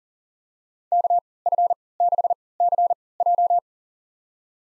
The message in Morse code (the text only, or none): KF6CJ